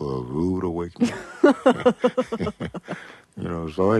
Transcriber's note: soundbite of laughter